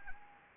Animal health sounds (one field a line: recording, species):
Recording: mosquito wingbeat signal from an infrared sensor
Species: Anopheles gambiae